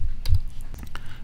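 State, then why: Seated. The plastic back of an insulation-displacement (IDC) ribbon cable connector is pressed closed with pliers over a flat ribbon cable, latching onto the connector body. Sharp clicks of the tabs on each side snap at about 0.3 s and 1.0 s, with a few faint ticks in between. The connector back is fully seated.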